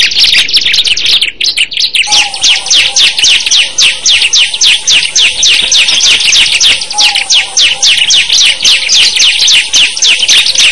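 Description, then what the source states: Bar-winged Prinia song, a fast run of sharp, high chirping notes at about three to four per second. Simulated ciblek singing contest (lomba), from omkicau.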